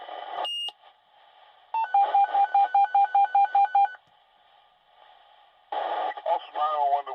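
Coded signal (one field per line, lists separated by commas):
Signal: pager alert tone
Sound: quick alternating low-high electronic beeps for about two seconds, between bursts of talking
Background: speech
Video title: Fire Department Dispatch Pager Sound Effect | Emergency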